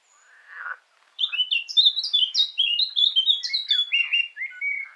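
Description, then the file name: Eurasian blackcap song: a brief low scratchy note, a short pause, then a bright run of clear whistled notes that steps gradually downward to the end. "Sylvia atricapilla"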